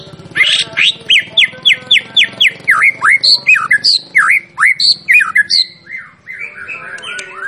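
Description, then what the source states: White-rumped shama song, a rapid series of repeated slurred notes, first falling strokes then dipping V-shaped notes, ending in softer varied twitters. Champion bird; training (masteran) recording.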